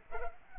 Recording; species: mosquito wingbeat signal from an infrared sensor; Culex pipiens